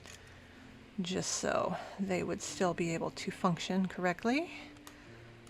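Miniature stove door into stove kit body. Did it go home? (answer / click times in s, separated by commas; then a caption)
yes / 4.9 s. Someone talks while pressing a small door on a dollhouse-scale retro stove kit, lightly painted so it still works, into its hinge or mount on the stove body. A short, sharp click at 4.9 s marks the door snapping into place, and it is seated.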